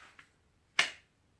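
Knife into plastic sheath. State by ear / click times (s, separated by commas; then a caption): seated / 0.8 s. A Cold Steel Recon Scout knife is pushed into its hard plastic sheath, with a faint tick at 0.2 s before a sharp, bright snap at 0.8 s as the handguard passes the retention domes. The good snap locks the knife in the sheath.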